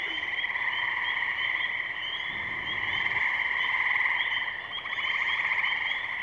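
Frogs calling in a dense, continuous chorus, steady overlapping pulsed tones forming a rough, ringing drone throughout.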